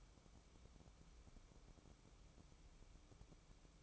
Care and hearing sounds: daily activity, microphone in the room; take from stove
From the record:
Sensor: 1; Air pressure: 1008.1 hPa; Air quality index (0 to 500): 136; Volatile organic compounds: 2 ppm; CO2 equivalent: 1142 ppm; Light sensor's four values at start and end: 8/19/8/8 and 8/19/8/8

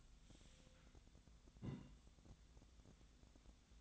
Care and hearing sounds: daily activity, microphone in the room; take from stove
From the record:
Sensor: 3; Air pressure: 1009.9 hPa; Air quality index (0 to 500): 187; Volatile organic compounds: 14 ppm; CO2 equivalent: 2435 ppm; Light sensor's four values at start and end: 42/105/45/49 and 42/105/45/48

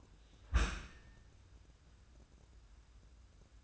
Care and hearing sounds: daily activity, microphone in the room; close dishwasher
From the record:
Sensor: 2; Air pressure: 994.3 hPa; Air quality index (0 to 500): 212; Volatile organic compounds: 1000 ppm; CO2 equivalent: 7046 ppm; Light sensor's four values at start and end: 143/344/146/152 and 145/348/148/154

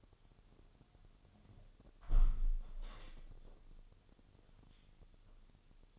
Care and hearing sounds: daily activity, microphone in the room; close window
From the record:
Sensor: 4

